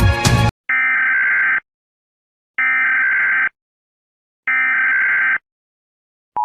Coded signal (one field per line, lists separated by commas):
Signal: Emergency Alert System (SAME) tones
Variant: header bursts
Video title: Hazmat Inc. 91 EAS alert for KX Class Scenario